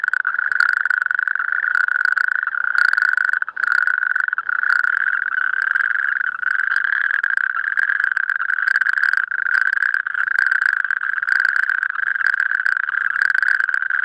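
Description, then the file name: Natterjack toad chorus of overlapping rattling trills at a constant pitch, almost without a break, briefly dipping once near the start. "rugstreeppad geluid"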